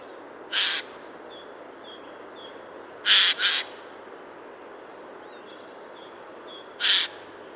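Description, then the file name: Eurasian jay giving harsh, rasping screeches: one single, then a quick double screech, then another single, with soft thin bird notes in the background. "Garrulus glandarius"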